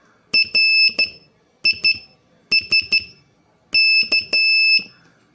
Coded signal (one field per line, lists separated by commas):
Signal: Morse code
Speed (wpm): 14 wpm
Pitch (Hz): 2650 Hz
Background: none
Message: RISK